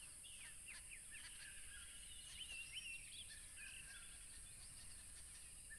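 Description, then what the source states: Crickets trilling: a steady, very high, unbroken hiss-like trill throughout, with scattered chirps and whistles from other creatures in the background. Loud crickets by a tropical river.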